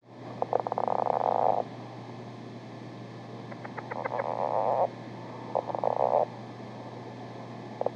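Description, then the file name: Lowland leopard frog with several rattling, snoring croaks built from quick pulses, some starting with separate clicks, spread throughout. "ryavapaiensistu"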